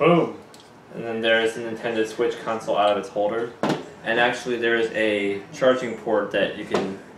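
A Nintendo Switch handheld game console is handled after being taken out of its holder, on its way to being slid down into its charging dock and onto the dock's charging connector. Someone talks throughout, with faint handling sounds underneath. Nothing has seated or clicked yet.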